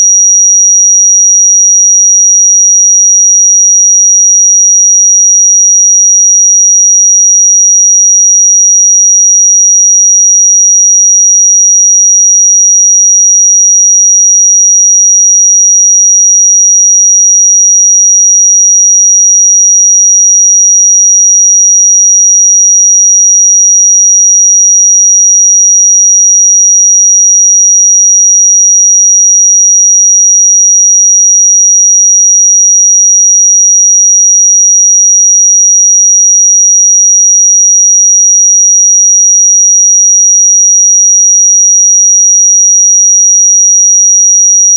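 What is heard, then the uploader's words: A pure 5753 Hz sine tone holds perfectly steady for the full length, a single thin, bright, high whistle. Its pitch and loudness never change, with no pauses, breaks or other sounds behind it. 5753 Hz 1 Hz Interval Sine Pure Tone Frequency 441000 Sample Mono.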